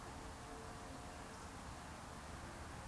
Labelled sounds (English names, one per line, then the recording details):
Eurasian Woodcock whistle
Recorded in Baden-Württemberg, Germany, on 8 June 2020 at 19:59 UTC
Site 44842, 218 m above sea level